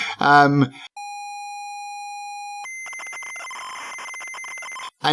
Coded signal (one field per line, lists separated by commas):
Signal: ZX Spectrum tape loading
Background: speech